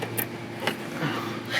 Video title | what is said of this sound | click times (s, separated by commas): Ironman 4x4 Raid Rear Bumper Suited For 6th Gen 2021+ Ford Bronco - Install Guide | cool same thing on the other side yep good positive click | 0.2 s, 0.7 s